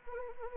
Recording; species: mosquito wingbeat signal from an infrared sensor; Anopheles arabiensis